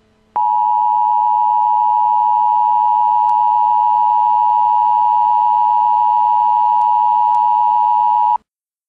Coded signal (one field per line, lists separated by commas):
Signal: Emergency Alert System (SAME) tones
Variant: 853 and 960 Hz attention tone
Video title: esa/emergency alert system-nuclear bomb attack